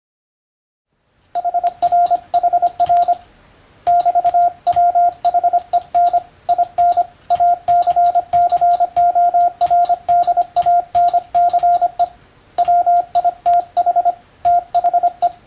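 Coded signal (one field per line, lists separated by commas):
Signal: Morse code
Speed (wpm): 24 wpm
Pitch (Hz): 700 Hz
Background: radio noise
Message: HRHR <BT>WHEN IN ACCORDANCE WITH THE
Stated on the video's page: Morse receiving practice at 125 characters per minute for the first-class radiotelegraph operator exam.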